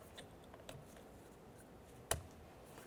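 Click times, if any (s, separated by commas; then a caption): 2.1 s. A plastic wiring harness connector is lined up and latched onto the back of the mirror switch on a 2001-2005 Ford Explorer Sport Trac during door lock cylinder replacement. A few faint light taps come before one sharp click at 2.1 s. The connector is then tugged and it is seated.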